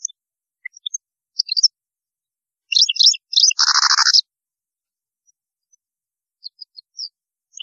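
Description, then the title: European goldfinch: finch-like twittering: scattered thin high notes around a short burst of chirps and one harsh buzzy rasp, then a few faint notes. "Chant Chardonneret"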